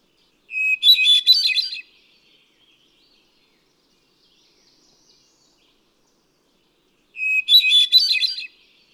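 Hermit thrush singing twice, each phrase a clear whistled note followed by a rapid run of higher ethereal notes, with about five seconds of silence between phrases.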